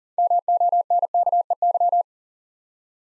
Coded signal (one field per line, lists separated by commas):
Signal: Morse code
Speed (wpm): 40 wpm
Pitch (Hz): 700 Hz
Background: none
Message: MONKEY